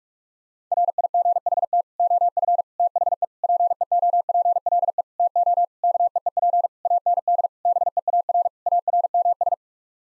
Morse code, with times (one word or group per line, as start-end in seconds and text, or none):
0.7-1.8 RIGHT
2.0-2.6 OF
2.8-3.2 THE
3.4-5.0 PEOPLE
5.2-5.6 TO
5.8-6.7 KEEP
6.9-7.5 AND
7.7-8.5 BEAR
8.7-9.5 ARMS